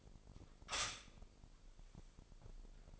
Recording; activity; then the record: daily activity, microphone in the room; stop toaster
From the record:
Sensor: 5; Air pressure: 995.4 hPa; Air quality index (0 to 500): 107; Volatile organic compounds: 8 ppm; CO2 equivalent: 2057 ppm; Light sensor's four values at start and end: 35/84/34/34 and 35/84/34/34